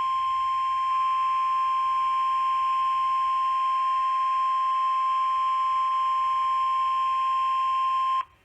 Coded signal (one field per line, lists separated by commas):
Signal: Emergency Alert System (SAME) tones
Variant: 1050 Hz attention tone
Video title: FL Statewide Tornado Drill (EAS#280)